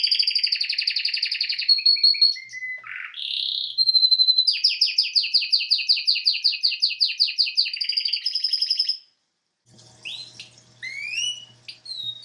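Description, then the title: Domestic canary song with rolling trills, a swooping whistle and long repeated note series, then a short silence and a few fainter chirps. Male Belgian canary singing a lot, used to warm up a young canary. "Canary Training Esquente Seu Filhote E Canario Belga Macho Cantando Muito"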